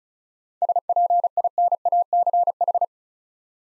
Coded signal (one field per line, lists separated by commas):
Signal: Morse code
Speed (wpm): 36 wpm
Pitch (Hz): 700 Hz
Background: none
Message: SPINACH